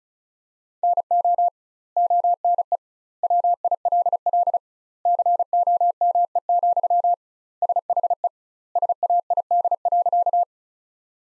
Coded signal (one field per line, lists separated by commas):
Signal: Morse code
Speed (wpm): 34 wpm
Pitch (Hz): 700 Hz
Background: none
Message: NO ONE WILL COME, SHE SAID.